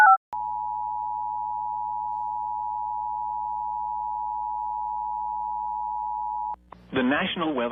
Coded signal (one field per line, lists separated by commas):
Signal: Emergency Alert System (SAME) tones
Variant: 853 and 960 Hz attention tone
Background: speech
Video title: [MILESTONE REACHED] EAS Alerts From 6/14/23 (EAS #1687-1718)